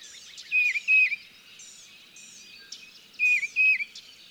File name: Tufted Titmouse